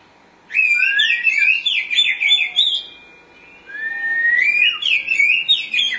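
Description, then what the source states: Oriental magpie-robin song: two bursts of rich, varied whistled phrases with rising slurs and rapid warbling notes, separated by a brief pause. Chirping song.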